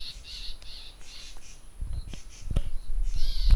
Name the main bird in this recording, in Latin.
Cisticola chiniana